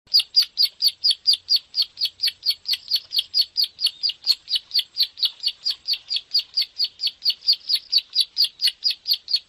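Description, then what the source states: Bar-winged prinia song: a fast, steady run of high chirping notes, repeated evenly throughout. Used to train other songbirds.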